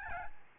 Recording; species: mosquito wingbeat signal from an infrared sensor; Aedes albopictus